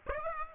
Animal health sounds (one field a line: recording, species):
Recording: mosquito wingbeat signal from an infrared sensor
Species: Aedes aegypti